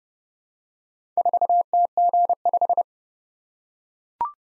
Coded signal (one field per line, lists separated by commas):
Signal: Morse code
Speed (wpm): 30 wpm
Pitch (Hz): 700 Hz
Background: none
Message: 4TG5